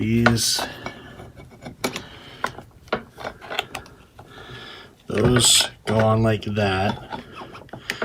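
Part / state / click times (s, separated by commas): fitting pushed into the frame of an ab exercise machine / not seated / none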